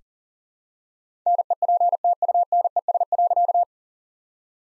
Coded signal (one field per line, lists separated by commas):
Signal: Morse code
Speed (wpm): 40 wpm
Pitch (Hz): 700 Hz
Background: none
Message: NEPTUNES.